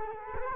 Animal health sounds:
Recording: mosquito wingbeat signal from an infrared sensor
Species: Culex quinquefasciatus

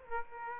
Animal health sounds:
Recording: mosquito wingbeat signal from an infrared sensor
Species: Aedes aegypti

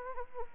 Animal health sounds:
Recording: mosquito wingbeat signal from an infrared sensor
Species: Anopheles arabiensis

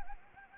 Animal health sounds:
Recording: mosquito wingbeat signal from an infrared sensor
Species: Anopheles gambiae

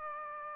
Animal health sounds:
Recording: mosquito wingbeat signal from an infrared sensor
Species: Aedes aegypti

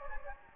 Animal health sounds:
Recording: mosquito wingbeat signal from an infrared sensor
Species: Anopheles gambiae

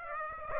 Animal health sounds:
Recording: mosquito wingbeat signal from an infrared sensor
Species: Aedes aegypti

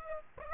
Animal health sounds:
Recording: mosquito wingbeat signal from an infrared sensor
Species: Aedes aegypti

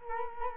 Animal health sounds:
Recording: mosquito wingbeat signal from an infrared sensor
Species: Culex quinquefasciatus

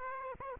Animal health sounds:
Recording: mosquito wingbeat signal from an infrared sensor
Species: Aedes aegypti

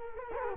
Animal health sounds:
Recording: mosquito wingbeat signal from an infrared sensor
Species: Culex quinquefasciatus

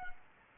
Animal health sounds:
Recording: mosquito wingbeat signal from an infrared sensor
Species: Anopheles gambiae

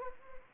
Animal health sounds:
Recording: mosquito wingbeat signal from an infrared sensor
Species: Anopheles arabiensis

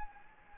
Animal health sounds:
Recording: mosquito wingbeat signal from an infrared sensor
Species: Anopheles gambiae

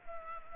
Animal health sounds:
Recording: mosquito wingbeat signal from an infrared sensor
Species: Culex pipiens

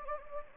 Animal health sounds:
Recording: mosquito wingbeat signal from an infrared sensor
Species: Anopheles gambiae

